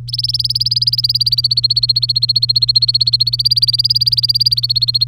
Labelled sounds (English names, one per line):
Domestic Canary song